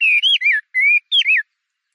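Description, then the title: Chinese hwamei giving six clear, loud slurred whistles in three short groups, then silence. "画眉鸟的叫声"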